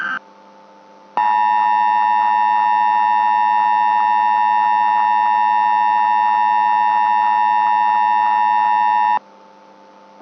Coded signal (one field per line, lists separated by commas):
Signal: Emergency Alert System (SAME) tones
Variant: 853 and 960 Hz attention tone